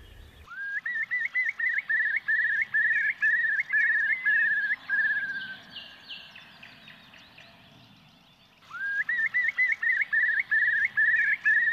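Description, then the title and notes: Eurasian curlew giving two bubbling bouts, each starting with an upslurred whistle and breaking into rapid repeated warbled notes; a quiet gap of several seconds separates them, with soft high chirps between. "Isokuovi. esitteli Risto Nevanlinna"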